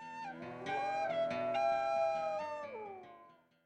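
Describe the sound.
Loon wail: one long, mournful note that swells upward, holds a steady pitch for about two seconds, then slides down and fades out.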